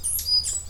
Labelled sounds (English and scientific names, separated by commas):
Stitchbird (Notiomystis cincta) song